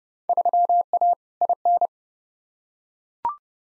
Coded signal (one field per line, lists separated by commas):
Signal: Morse code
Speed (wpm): 30 wpm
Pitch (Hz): 700 Hz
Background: none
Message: 3A IN